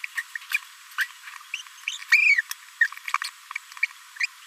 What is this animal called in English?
Green-rumped Parrotlet